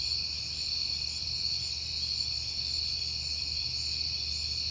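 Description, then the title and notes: Short stretch of crickets' high, even trilling chorus over a soft low hum. Crickets recorded at night in September on a peaceful night, after being heard often that month. "Night Time: Crickets and Passing Cars. It is September and I have been hearing the crickets a lot, but finally had a peaceful night to make the recording"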